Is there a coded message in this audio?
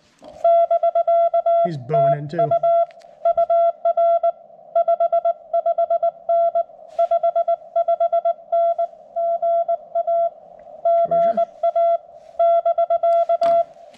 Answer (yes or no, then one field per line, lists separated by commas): yes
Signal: Morse code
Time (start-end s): 0.4-13.6 s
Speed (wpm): 20 wpm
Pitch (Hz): 1350 Hz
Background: speech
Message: <BK>TU UR 55N 55N GA GA <BK>